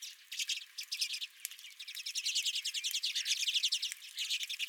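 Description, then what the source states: Redpolls calling in quick, evenly spaced dry trills, a steady run of chattering notes from a small flock. Redpolls calling at the recordist's feeder.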